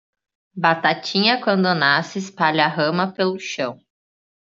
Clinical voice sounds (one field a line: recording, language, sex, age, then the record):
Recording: short text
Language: Brazilian Portuguese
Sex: female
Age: 20 to 29 years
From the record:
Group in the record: control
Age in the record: 24 years